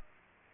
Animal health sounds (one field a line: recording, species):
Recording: mosquito wingbeat signal from an infrared sensor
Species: Culex pipiens